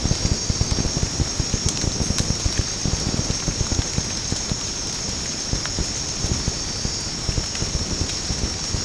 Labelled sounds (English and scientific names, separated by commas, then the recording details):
none
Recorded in secondary vegetation near Puerto Asís, Putumayo, Colombia, on 8 March 2025 at 03:00
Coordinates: 0.481, -76.318
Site G097